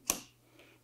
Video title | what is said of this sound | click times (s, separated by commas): Soundstream Reserve Harley-Davidson Head Unit (HDHU.14) Installation - 2014+ Harley-Davidson | it into place and you heard it snap | 0.1 s